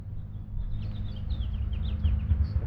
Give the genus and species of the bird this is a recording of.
Haemorhous mexicanus